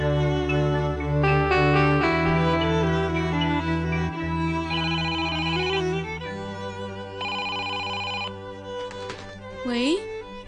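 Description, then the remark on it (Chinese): A telephone rings with bright electronic tones in repeated sustained bursts, layered over a steady, humming musical backdrop with a brief warbling sound at the end. “你的电话。”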